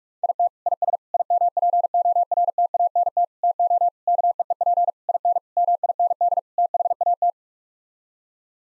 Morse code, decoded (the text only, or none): IT IS IMPORTANT TO KEEP IN MIND THAT